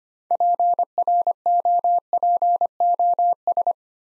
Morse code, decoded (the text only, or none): PROPOS